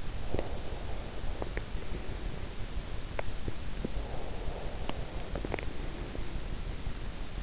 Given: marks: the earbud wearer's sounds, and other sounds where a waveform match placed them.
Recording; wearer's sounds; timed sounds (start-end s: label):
sounds in sleep by an in-ear microphone; breath
0.00-2.54 s: breath
4.10-6.52 s: breath